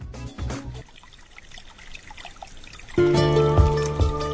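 Water splashes briefly, then settles into a soft, bubbly trickle before a louder, steady pour with a ringing, tonal gurgle takes over for the last second or so.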